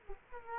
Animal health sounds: mosquito wingbeat signal from an infrared sensor; Culex quinquefasciatus

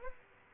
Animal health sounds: mosquito wingbeat signal from an infrared sensor; Aedes aegypti

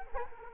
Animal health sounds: mosquito wingbeat signal from an infrared sensor; Culex quinquefasciatus

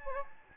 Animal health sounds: mosquito wingbeat signal from an infrared sensor; Anopheles gambiae

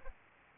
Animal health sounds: mosquito wingbeat signal from an infrared sensor; Aedes albopictus

